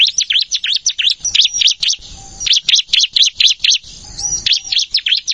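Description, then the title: Plain Prinia giving quick trains of high twittering notes, separated by two short silent gaps. "Ciblek Sawah"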